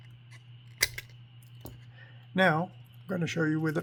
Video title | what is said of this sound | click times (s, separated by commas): Mini-z body retaining clip instructions | all you have to do is grab this back, pull it up a little bit, and it should pop right out. | 0.8 s